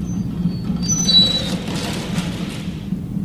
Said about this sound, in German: Die größte Gefahr, das Festhaken des Netzes. Bei starkem Seegang kann die Leine reißen und das Geschirr verloren gehen. Wenig später geschieht es. Das Netz hakt. Die Bremstrommeln geben nach. Quietschen.